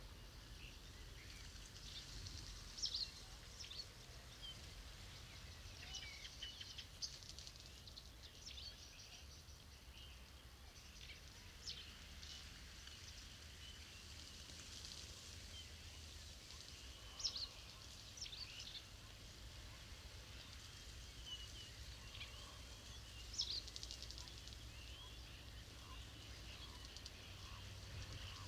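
A large flock of starlings in a clay pit, perhaps a thousand birds, keeps up a dense, steady mass of high chatter and whistles. Brief sharper calls stand out every few seconds, over a constant low rumble underneath.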